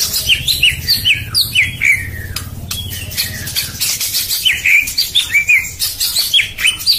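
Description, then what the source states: White-rumped shama song of short sharp whistled notes and twisting slurs, repeated in loose bursts. Masteran training recording of murai batu song used to tutor cage birds, labelled Labaik.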